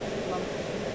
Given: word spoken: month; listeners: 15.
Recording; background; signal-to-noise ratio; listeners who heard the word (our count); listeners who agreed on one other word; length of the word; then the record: one English word in noise, from a listening test; speech-shaped noise; -5.8 dB; 1 of 15; 6 of 15; 0.55 s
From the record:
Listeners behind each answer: 6, 2, 1, 1, 1, 1, 1, 1, 1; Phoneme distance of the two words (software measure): 30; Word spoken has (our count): 1 syllable, 4 phonemes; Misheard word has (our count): 1 syllable, 4 phonemes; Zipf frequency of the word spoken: 5.08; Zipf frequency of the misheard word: 4.01